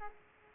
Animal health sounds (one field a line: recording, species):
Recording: mosquito wingbeat signal from an infrared sensor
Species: Aedes aegypti